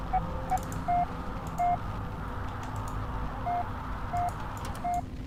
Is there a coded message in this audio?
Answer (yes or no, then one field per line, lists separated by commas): no